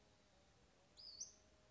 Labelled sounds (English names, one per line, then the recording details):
Western Flycatcher
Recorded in Sonoma County, California